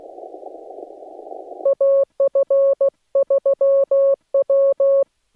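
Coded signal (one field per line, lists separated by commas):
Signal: Morse code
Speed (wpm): 16 wpm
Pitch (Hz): 550 Hz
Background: none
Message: AF3W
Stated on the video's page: Midday Morse contact attempts during a national park activation with a Yaesu ATAS-120A antenna mounted on a rental car.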